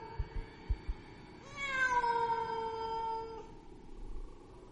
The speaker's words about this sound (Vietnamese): Trong không gian vang lên âm thanh con mèo kêu đến não ruột. Mà dường như trong âm thanh của con mèo lại pha một chút giận dữ.